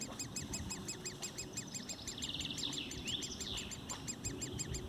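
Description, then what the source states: Woodpecker calls given as rapid, evenly spaced short notes, while another bird adds a quick trilled chirp midway over a low background rumble. Recorded 6 July 2019.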